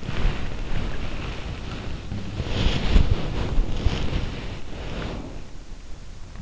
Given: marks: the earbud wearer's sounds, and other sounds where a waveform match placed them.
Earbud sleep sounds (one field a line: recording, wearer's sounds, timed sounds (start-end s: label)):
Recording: sounds in sleep by an in-ear microphone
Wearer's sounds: body movement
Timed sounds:
0.00-5.47 s: body movement